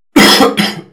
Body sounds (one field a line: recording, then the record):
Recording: coughing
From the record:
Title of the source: Man Coughing Sound - Wet Cough Sound Effect